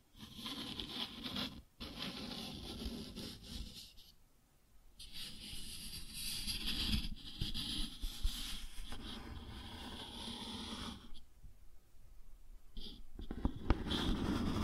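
Cardboard is scratched and rubbed in long, rough strokes, a dense grainy scraping with a low rumble underneath. The sound pauses briefly near 2, 4–5 and 11–12 seconds, with a few sharp clicks, and grows slightly louder toward the end.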